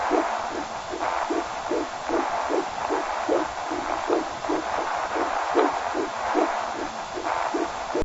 Fetal heartbeat.